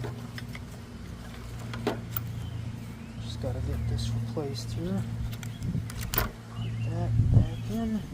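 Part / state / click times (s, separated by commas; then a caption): headlight bulb or retaining clip into headlight housing / not seated / none. During a Chevrolet S10 headlight replacement, a removed headlight bulb or retaining clip is pushed back into the plastic headlight housing while someone talks. Short, sharp handling taps and knocks sit over a steady low hum. Nothing has seated or clicked into place yet.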